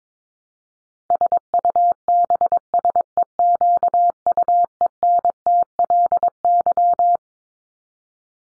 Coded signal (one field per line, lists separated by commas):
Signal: Morse code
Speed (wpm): 22 wpm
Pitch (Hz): 700 Hz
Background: none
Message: SUBSEQUENTLY